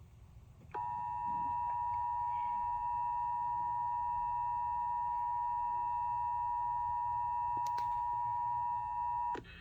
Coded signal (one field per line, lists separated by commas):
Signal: Emergency Alert System (SAME) tones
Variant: 853 and 960 Hz attention tone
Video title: HOOSIER DAYS (LIVESTREAM EAS #21) Indiana Statewide Required Monthly Test